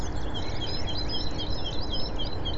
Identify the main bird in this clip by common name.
Great Tit